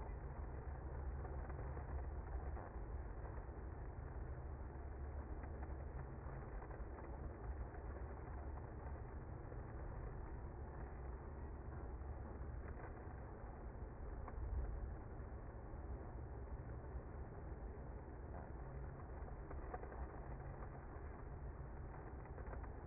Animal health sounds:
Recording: honeybee colony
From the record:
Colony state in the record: active

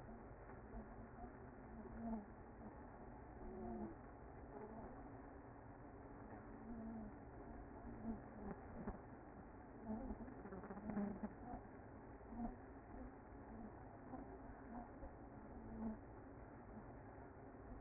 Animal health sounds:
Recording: honeybee colony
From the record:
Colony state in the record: active

